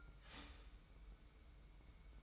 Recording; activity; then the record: daily activity, microphone in the room; start toaster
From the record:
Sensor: 1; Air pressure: 990.7 hPa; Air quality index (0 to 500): 144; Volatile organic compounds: 857 ppm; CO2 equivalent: 5175 ppm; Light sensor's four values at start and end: 22/52/22/24 and 22/52/22/24